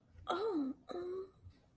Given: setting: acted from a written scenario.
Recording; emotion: vocal sound without words; sympathy